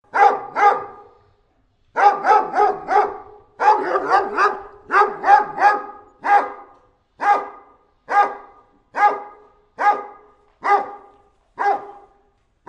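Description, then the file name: Anatolian Shepherd dog barking, first in quick clusters, then slowing to single evenly spaced barks about once a second. "dog anatolian chomar"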